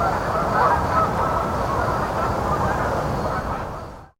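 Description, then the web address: Canada goose: a steady din of overlapping honks running on, then cutting off abruptly. "Canada Geese"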